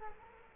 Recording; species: mosquito wingbeat signal from an infrared sensor; Culex quinquefasciatus